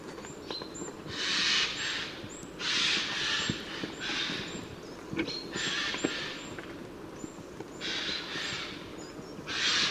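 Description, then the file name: Eurasian jay giving several harsh, rasping screeches, with thin high chirps from small birds throughout. "Garrulus glandarius"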